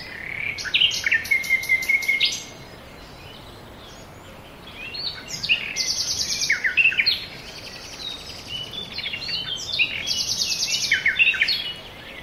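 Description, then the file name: Birdsong chorus of chirps and buzzy trills, a quiet gap of about two seconds, then overlapping phrases resuming, with constant faint hiss. Forest birds. "ASMR Nature Noise - Forest Birds"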